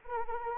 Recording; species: mosquito wingbeat signal from an infrared sensor; Anopheles arabiensis